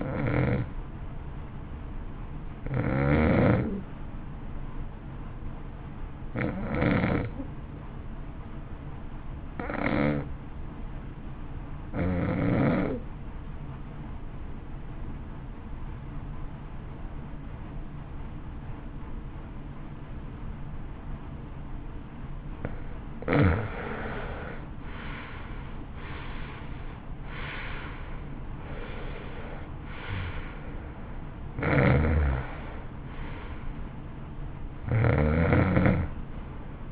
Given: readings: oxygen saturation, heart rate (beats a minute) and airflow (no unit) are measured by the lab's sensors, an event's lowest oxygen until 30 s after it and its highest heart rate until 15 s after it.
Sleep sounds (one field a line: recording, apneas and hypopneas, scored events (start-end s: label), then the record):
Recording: breathing in sleep by a smartphone at the bedside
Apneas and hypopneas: 1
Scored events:
4.00-24.50 s: hypopnea (N2, oxygen 95% highest, then 81% lowest, heart rate 54 at the start, 67 highest)
14.00-36.92 s: new sleep stage, N1 (lightest sleep)
From the record:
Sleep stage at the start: N2 (light sleep)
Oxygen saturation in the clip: 82 to 95%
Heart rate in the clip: 53 to 67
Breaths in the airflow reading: 10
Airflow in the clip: -18.1 to 15.0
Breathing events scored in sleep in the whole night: 328 in 6.3 hours asleep